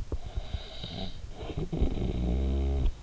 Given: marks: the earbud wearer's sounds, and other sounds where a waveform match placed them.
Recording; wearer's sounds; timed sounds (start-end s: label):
sounds in sleep by an in-ear microphone; snoring breath
0.02-3.02 s: snoring breath